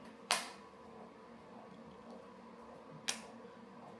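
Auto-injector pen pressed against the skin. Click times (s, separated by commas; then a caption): 0.3 s, 3.1 s. An unlocked single-dose Mounjaro auto-injector pen is pressed against the skin to trigger it. A sharp click at 0.3 s sounds as the pen fires, and a second click at 3.1 s likely marks the end of the dose, with faint low background noise between them. The clicks signal that the dose has been given.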